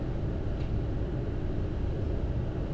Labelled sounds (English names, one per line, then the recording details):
none
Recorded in Germany
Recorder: ecoPi